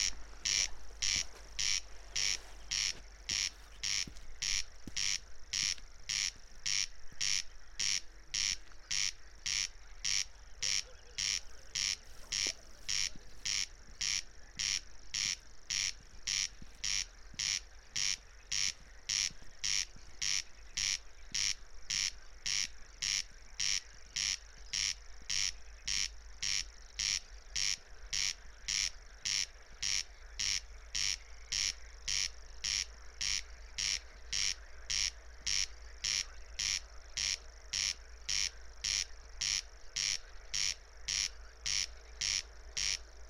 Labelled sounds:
Corn Crake song

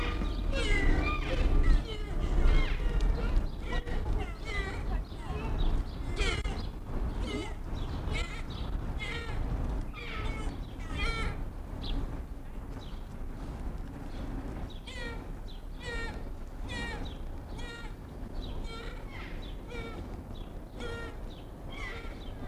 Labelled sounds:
Fallow Deer call

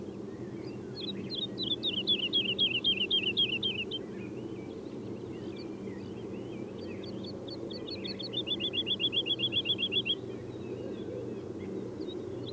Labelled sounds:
Wood Lark song

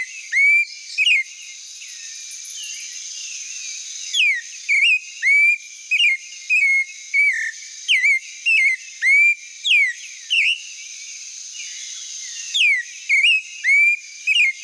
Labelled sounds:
Clay-colored Thrush song

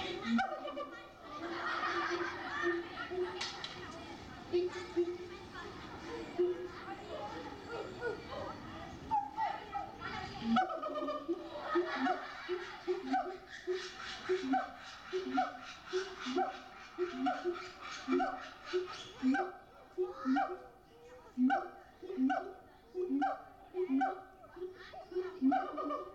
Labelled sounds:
Siamang

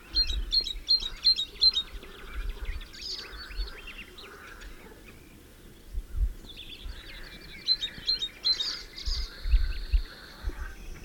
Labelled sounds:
Great Tit song

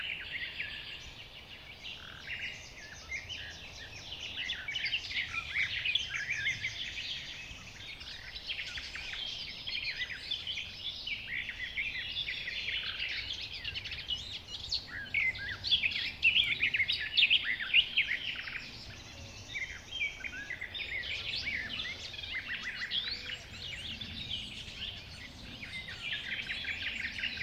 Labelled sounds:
Garden Warbler

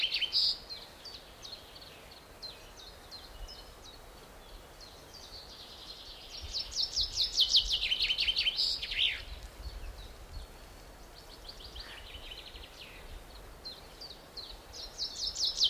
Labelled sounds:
Common Chaffinch song

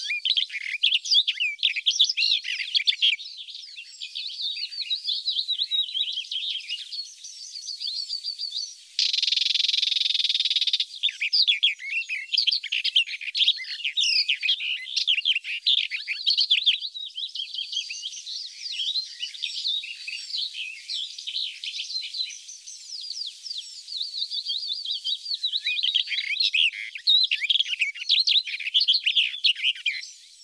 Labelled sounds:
Barred Warbler song

